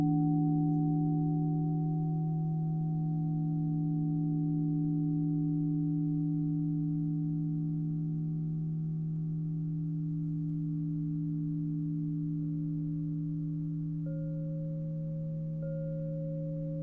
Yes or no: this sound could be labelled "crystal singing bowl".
yes